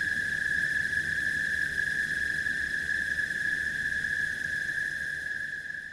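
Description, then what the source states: Crickets producing a steady, unbroken high trill that holds one even pitch throughout, with a faint low background hiss. Crickets at night.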